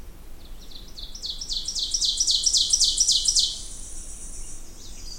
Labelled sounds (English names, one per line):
Ovenbird song